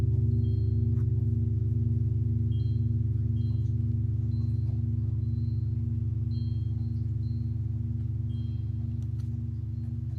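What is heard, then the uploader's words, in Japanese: Large singing bowls ring together in a steady, deep, humming drone that holds at an even level throughout, with a few higher overtones layered above the low tone. Faint short whistling tones flicker in and out high above the hum. 大きいボウル3つだけのサウンドヒーリングLive メキシコは朝です。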